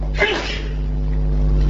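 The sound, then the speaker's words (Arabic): One sharp sneeze bursts out and quickly fades, leaving a steady low electrical hum droning underneath for the rest of the moment. “يرحمك الله.”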